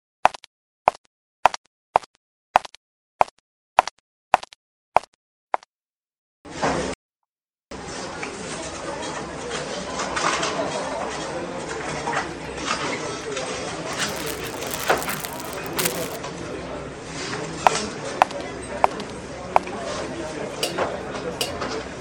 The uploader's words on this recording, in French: Carte postale sonore : Le supermarché.